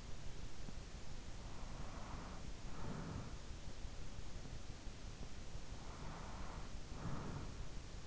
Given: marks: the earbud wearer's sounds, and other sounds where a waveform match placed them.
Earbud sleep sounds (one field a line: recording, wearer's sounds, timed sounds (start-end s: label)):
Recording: sounds in sleep by an in-ear microphone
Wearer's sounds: breath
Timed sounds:
1.11-3.74 s: breath
5.49-8.07 s: breath